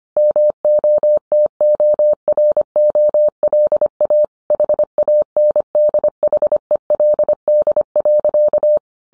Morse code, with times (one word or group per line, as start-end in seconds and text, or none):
0.2-4.2 MOTOROLA
4.5-8.8 HANDHELD.